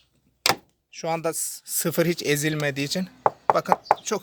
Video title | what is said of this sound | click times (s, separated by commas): Hyundai Accent Blue Motor Bakımı Nasıl Yapılır (10.000km Bakım) | tık diyor bakın | 0.5 s